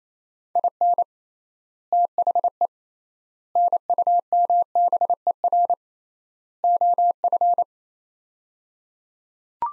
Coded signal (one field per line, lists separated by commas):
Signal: Morse code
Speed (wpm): 28 wpm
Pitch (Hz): 700 Hz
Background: none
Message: IN THE NUMBER OF